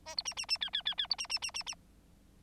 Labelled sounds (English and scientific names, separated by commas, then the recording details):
Bengalese Finch (Lonchura striata domestica) song
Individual Bird9